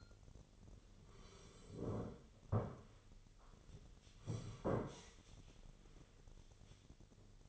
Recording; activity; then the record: daily activity, microphone in the room; sit down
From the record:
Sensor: 4